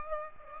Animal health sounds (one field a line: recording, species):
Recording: mosquito wingbeat signal from an infrared sensor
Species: Aedes aegypti